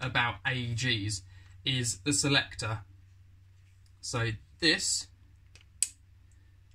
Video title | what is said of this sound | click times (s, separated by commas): Wolverine MTW Review | locks in place there's no | 5.8 s